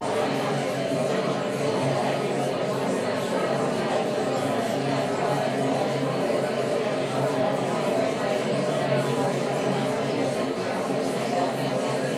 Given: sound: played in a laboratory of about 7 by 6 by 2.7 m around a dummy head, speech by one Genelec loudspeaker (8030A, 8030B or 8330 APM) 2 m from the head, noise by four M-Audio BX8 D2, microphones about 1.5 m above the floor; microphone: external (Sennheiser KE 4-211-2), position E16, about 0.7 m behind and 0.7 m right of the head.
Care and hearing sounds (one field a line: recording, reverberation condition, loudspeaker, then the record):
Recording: babble noise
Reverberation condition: medium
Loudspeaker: four, about 170 cm from the corners of the room and facing them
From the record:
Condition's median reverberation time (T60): about 510 ms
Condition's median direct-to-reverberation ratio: about -0.5 dB